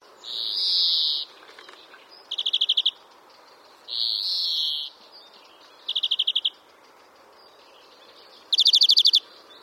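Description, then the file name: European greenfinch giving long buzzy wheezes mixed with quick dry trills, five calls in under ten seconds, steady faint background hiss. "Chloris chloris"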